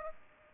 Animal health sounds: mosquito wingbeat signal from an infrared sensor; Aedes aegypti

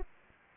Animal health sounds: mosquito wingbeat signal from an infrared sensor; Anopheles arabiensis

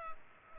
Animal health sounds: mosquito wingbeat signal from an infrared sensor; Culex pipiens

